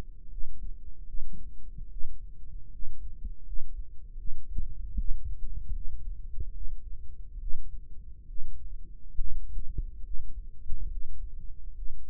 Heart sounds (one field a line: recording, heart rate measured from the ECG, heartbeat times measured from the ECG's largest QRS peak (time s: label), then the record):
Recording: heart sounds by microphone in the right ear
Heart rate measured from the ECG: 73 bpm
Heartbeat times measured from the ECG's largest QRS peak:
0.29 s: heartbeat
1.05 s: heartbeat
1.89 s: heartbeat
2.70 s: heartbeat
3.44 s: heartbeat
4.16 s: heartbeat
4.96 s: heartbeat
5.72 s: heartbeat
6.52 s: heartbeat
7.39 s: heartbeat
8.26 s: heartbeat
9.15 s: heartbeat
10.02 s: heartbeat
10.88 s: heartbeat
11.73 s: heartbeat
From the record:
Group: healthy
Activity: rest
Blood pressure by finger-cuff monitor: 115/62 mmHg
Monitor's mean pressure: 78 mmHg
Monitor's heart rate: 76 bpm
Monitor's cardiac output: 6.9 L/min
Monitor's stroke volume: 91 mL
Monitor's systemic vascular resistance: 810 dyn s/cm5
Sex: female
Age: 22 years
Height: 160 cm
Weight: 63 kg